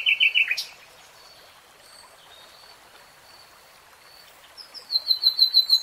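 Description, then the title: Nightingale song with a quick burst of repeated notes at the start, a long quiet gap, then a string of thin, high, repeated slurred whistles near the end. Singing; from a 3-hour real-time recording. "[Tiếng chim hót] 3 Hours REALTIME Nightingale Singing"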